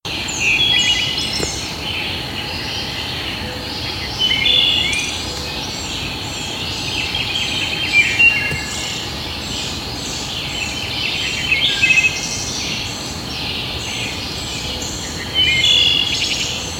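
Birds chirp and sing at dawn, several at once, with bright overlapping calls that come and go throughout. Louder bursts stand out near the start, around eight and twelve seconds, and at the end, over a steady low outdoor hum.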